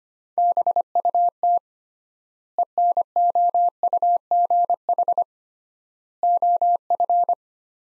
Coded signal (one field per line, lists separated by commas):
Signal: Morse code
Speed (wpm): 25 wpm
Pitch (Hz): 700 Hz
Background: none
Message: BUT ENOUGH OF